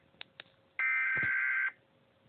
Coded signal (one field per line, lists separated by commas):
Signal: Emergency Alert System (SAME) tones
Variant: header bursts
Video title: EAS Scenario- Supervillain Catastrophe: Part 2! Ice Cold Crisis